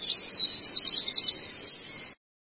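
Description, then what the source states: Long-tailed shrike song: fast, high, scratchy chattering notes, with a run of quick chirps in the middle, over a faint hiss, then an abrupt stop. Cendet song used as masteran for training other songbirds.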